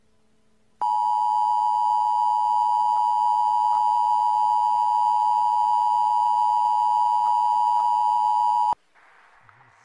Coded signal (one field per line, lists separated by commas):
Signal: Emergency Alert System (SAME) tones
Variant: 853 and 960 Hz attention tone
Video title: [EAS] Local 58 - References (Fan Work)